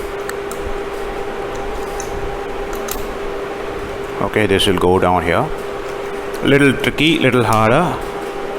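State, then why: Not seated. A small internal part is pushed down into place inside the frame of a Tokyo Marui HK P30 electric airsoft pistol during reassembly. Light handling clicks and taps sit over a steady hum, and someone talks around 4–5.5 s and 6.5–8 s. Nothing has seated or clicked yet.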